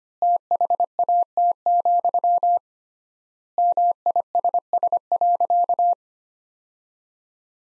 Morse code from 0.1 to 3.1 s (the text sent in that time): THAT,